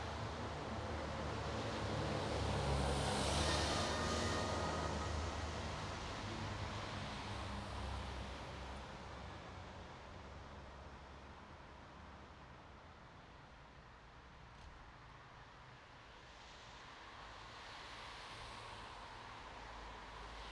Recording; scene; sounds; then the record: everyday scene through a hearing-aid microphone; in traffic; traffic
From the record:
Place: bus stop on a city main road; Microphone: in the ear canal, right